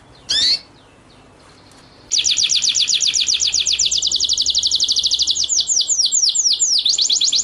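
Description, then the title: White-rumped shama song: a single sharp note, then a long, rapid, rolling trill of repeated slurred whistles that runs for about five seconds. Masteran (training) track of white-rumped shama song in full 'ngerol' (rolling) and 'nembak' (shooting) style. "Masteran Murai Batu Full Ngerol Nembak"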